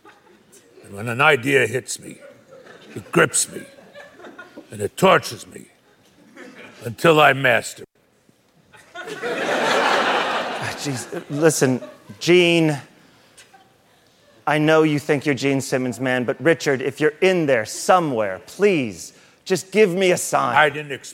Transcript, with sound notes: And when an idea hits me, it grips me and it tortures me until I master it.
(LAUGHTER)
Oh, jeez. Listen, Gene, I know you think you're Gene Simmons man. But, Richard, if you're in there somewhere, please, just give me a sign.